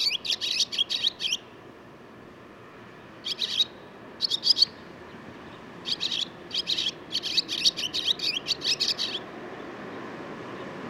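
Barn swallow twittering in short bursts separated by pauses, bright chattering notes, finishing in a longer run of chatter.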